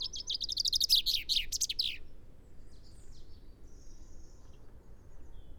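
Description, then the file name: Common chaffinch song phrase of rapid repeated high notes closing with a falling flourish, then soft background hiss and faint high calls. "Fringilla coelebs"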